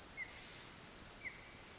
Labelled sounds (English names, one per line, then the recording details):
Pacific Wren
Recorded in Sonoma County, California